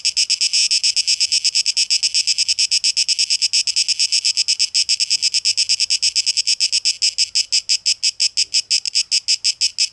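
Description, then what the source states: Cicadas producing a piercing buzz in rapid, regular pulses, with faint low sounds in the background. Recorded 12 August 2023.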